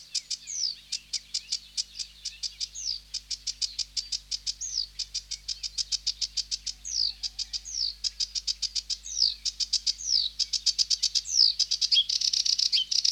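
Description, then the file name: Sedge warbler song: a long run of rapid dry chattering notes with repeated downslurred whistles woven in, ending in a harsher buzzy flourish. "Sedge Warbler (Acrocephalus schoenobaenus)"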